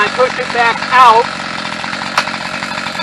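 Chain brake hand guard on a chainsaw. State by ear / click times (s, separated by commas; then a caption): seated / 2.2 s. With a chainsaw running, someone talks while the plastic hand guard and chain brake lever is pushed forward until it latches. A sharp click sounds at 2.2 s as the chain brake engages and the chain stops.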